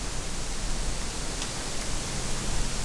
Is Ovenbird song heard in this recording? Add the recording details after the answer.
no. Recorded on 24 June 2016 at 06:32. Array SBT-6-76